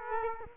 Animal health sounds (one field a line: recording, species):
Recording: mosquito wingbeat signal from an infrared sensor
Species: Culex quinquefasciatus